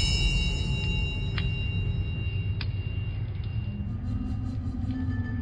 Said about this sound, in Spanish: Aquel estrépito siguió un ruido rechinante, que venía de la parte más profunda, como si alguien arrastrase una pesada cadena sobre los toneles del sótano del vinatero.